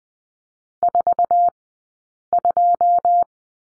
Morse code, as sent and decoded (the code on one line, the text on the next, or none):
....- ..---
42